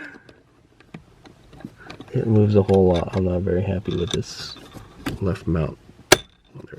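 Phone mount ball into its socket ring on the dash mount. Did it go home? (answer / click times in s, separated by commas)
yes / 6.1 s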